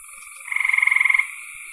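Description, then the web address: Frog giving a short fast pulsed trill of about fifteen rapid notes, with a fainter background and a high hiss around it. "cn frogs"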